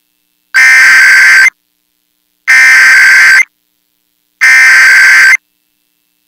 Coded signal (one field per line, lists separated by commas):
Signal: Emergency Alert System (SAME) tones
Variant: header bursts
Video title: Mid April Wednesday Tests (EAS #26058-26080) 4/16/25